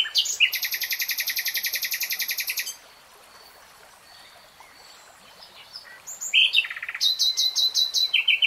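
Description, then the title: Nightingale singing a long, rapid metallic trill, a silent gap, then chirped notes and another fast pulsing trill. Singing; from a 3-hour real-time recording. "[Tiếng chim hót] Nightingale Singing"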